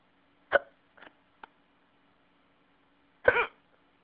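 An adult hiccupping, captured in a phone message: four abrupt, brief bursts within about three seconds, the first and last loudest, with quiet between, over a faint steady phone-line hum. These sharp involuntary catches fit hiccups, sudden spasms of the diaphragm that snap the vocal cords shut.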